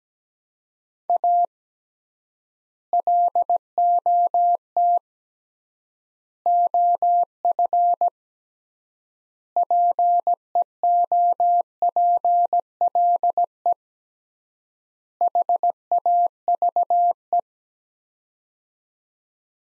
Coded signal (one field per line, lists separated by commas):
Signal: Morse code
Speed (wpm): 17 wpm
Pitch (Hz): 700 Hz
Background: none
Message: A LOT OF PEOPLE HAVE